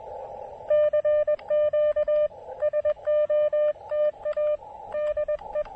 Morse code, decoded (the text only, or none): CQ SOTA DE